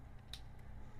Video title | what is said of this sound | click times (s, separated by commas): ALL ABOUT ARTICULATION - Jaday Toys M.BISON & DHALSIM | these replacement shoulder pads and they snap | 0.3 s